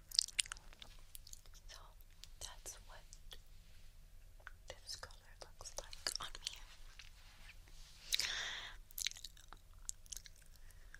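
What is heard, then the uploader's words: Lip balm applied with wet, sticky mouth sounds and quick clicks, scattered irregularly, with a louder smacking burst around eight seconds over a low hum. Lip Balm Application In Your Ears (Mouth Sounds, Kisses, Tapping).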